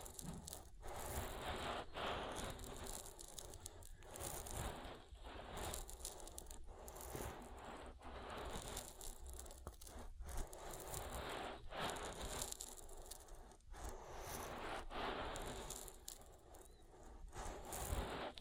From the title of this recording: Oil Ear Massage